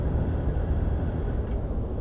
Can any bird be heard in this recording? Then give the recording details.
no. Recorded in France